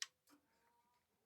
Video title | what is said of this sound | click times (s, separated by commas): Spring Service On My Kubota B8200 Tractor | There we go. Snapped into place, snapped up in there. | 0.0 s